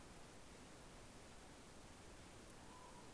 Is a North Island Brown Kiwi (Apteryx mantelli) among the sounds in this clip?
no